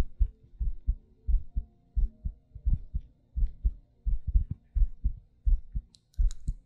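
An adult heartbeat heard close up, with deep low-pitched thudding beats and breathing, in an ASMR style.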